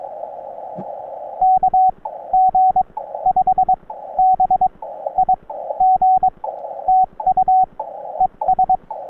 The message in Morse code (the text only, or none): KG5BIG TU ES